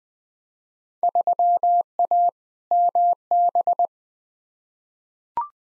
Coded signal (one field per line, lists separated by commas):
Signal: Morse code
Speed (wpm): 20 wpm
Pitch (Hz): 700 Hz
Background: none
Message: 3A MB